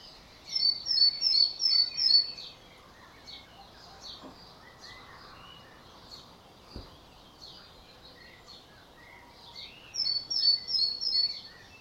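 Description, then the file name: Great tit calls in quick rhythmic bursts of high notes at the start and again near the end, with softer chirps between. "Parus major"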